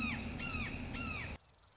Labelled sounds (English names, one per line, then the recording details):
Red-shouldered Hawk
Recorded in Sonoma County, California